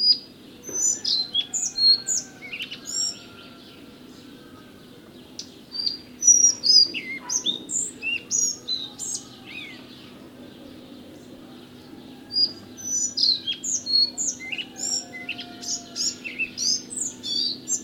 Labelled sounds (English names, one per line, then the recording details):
Collared Flycatcher song
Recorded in the wild
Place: Sibiu, Transilvania, RO
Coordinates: 45.803, 24.145
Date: 1976-05-20 06:25
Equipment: Nagra III BH, Sennheiser MD 21, parabola
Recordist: Schubert, Michael
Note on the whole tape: Gesang Halsbandschnäpper